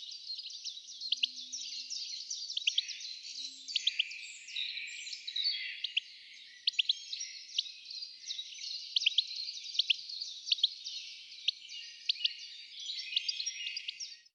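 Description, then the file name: European goldfinch calls: dense, continuous high twittering with tinkling notes and sharp clicks running throughout, busy and unbroken. "Carduelis carduelis"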